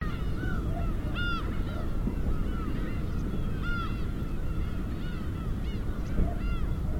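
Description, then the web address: Gull calls, short arched mewing notes in scattered bursts over steady low surf. Gulls with waves, Hachinohe. "Foundation 1 AMBIENCE HACHINOHE SEAGULLS WAVES"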